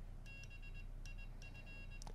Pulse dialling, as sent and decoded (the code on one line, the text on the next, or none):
none